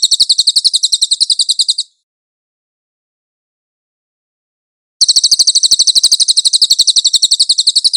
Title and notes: SUARA BURUNG CILILIN. CICILIN